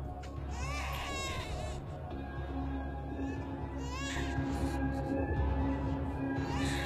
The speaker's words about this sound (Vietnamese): Tiếng đứa trẻ con vẫn khóc ngặt nghẽo vang lên.